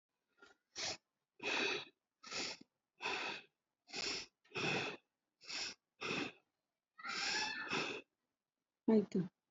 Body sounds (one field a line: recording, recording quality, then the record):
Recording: deep breathing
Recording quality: excellent, no background noise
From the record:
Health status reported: healthy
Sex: female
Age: 59 years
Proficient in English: no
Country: India